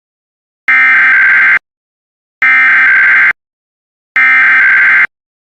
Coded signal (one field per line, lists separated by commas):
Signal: Emergency Alert System (SAME) tones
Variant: header bursts